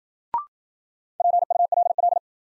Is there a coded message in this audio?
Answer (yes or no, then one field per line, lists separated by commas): yes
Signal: Morse code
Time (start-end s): 1.2-2.2 s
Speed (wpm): 54 wpm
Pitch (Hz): 700 Hz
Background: none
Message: PULL